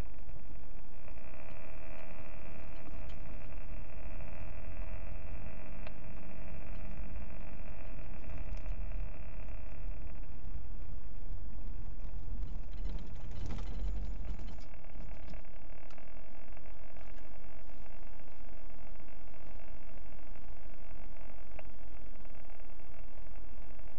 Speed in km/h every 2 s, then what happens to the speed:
23, 23, 26, 31, 32, 27, 19, 10, 10, 11, 10, 11.
3-8 speeds up to 32. 8-14 brakes to 10. 14-24 steady at about 10.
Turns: none.